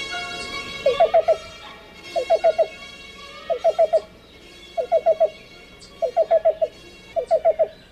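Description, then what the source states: Black-billed Cuckoo song: soft, even hooting notes in quick clusters of three or four, each cluster repeated about every 1.3 seconds. Nicknamed rain crow.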